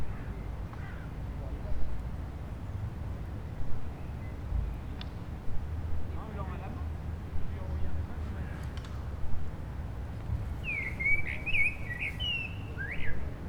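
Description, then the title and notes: Common blackbird: a single clear phrase of mellow whistles and high twitters near the end, after a long stretch of traffic rumble. Several blackbirds singing after sunset on a mild day, eve of the winter solstice, on an urban street in Aix-les-Bains, France, with urban traffic. "Rue Jacques Cartier, 73100 Aix-les-Bains, Auvergne-Rhône-Alpes, France - Merle du solstice. En cette douce journée les merles commencent à chanter après le coucher du soleil, passages d'avions, circulation urbaine demain c'est le solstice d'hiver"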